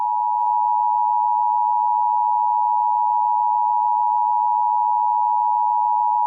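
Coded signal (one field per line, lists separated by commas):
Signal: Emergency Alert System (SAME) tones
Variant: 853 and 960 Hz attention tone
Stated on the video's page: Simulated, fictional EAS scenario.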